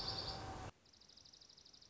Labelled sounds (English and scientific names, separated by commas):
Dark-eyed Junco (Junco hyemalis)